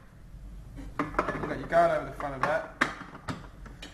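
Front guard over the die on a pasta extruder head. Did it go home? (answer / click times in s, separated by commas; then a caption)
yes / 3.3 s. Someone talks while the front guard is fitted over the chosen pasta die on a pasta extruder head and pressed until it locks. A sharp click sounds at 3.3 s, followed by a couple of fainter taps, and the guard is seated in tight.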